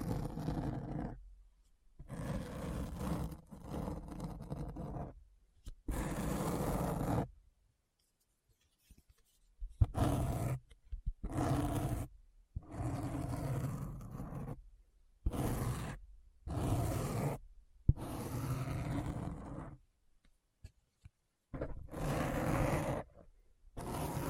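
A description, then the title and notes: Deep, rough scratching comes in separate bursts of about one to two seconds, each cut off by abrupt silence. The strokes are heavy in the low end with a gritty, roar-like texture, roughly a dozen of them over the span, irregularly spaced. ASMR Deep Brain Scratch (No Talking).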